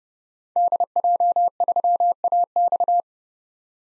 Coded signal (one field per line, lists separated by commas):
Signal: Morse code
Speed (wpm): 31 wpm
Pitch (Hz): 700 Hz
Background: none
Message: DJ3AX